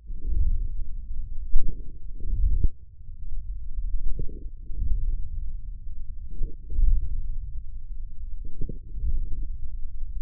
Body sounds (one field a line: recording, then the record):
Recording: forearm muscle sounds (acoustic myography)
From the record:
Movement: ulnar deviation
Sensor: system 1, eight BSWA MPA416 microphones around the upper forearm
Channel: 5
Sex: male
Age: 41 years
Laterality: right